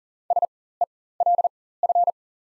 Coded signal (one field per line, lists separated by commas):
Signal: Morse code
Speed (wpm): 40 wpm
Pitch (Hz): 700 Hz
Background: none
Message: SELF